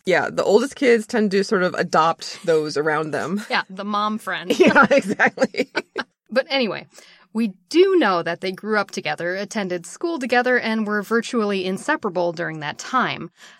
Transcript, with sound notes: The oldest kids tend to sort of adopt those around them.
The “mom” friend! *laughs*
Yeah, exactly! *laughs*
But anyway, we do know that they grew up together, attended school together, and were virtually inseparable during that time.